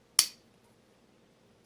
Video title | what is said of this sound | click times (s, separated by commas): Pemmican Taste Test - Bear Valley, Epic Bar, Tanka Bar. | it's a locking blade and once it locks into place it's it's really firm there's no wiggle at all | 0.2 s